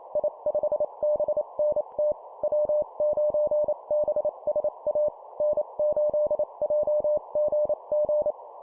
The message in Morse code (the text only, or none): I5BNT W9BSA N8JGG